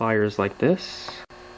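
A metal E-clip is being handled with pliers to fit onto the shaft on top of the clutch of a Husqvarna 575XPG chainsaw during a clutch repair. Someone talks through most of the clip, with faint handling sounds after. Nothing has seated or clicked yet.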